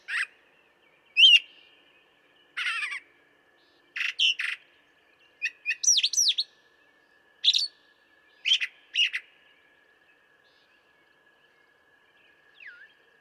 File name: Brown Thrasher